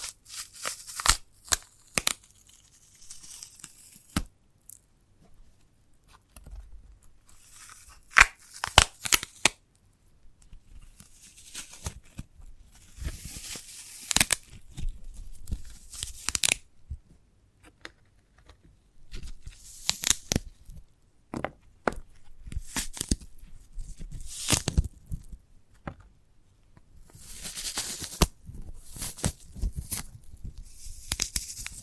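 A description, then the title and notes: Someone handles and tears into a sprouted coconut in short bursts: sharp snaps, crisp tearing and crinkly rustling scattered across the whole half minute. Quiet gaps separate the clusters, and busier stretches of scraping and ripping come around the middle and near the end. ASMR of a Sprouted Coconut (No Talking).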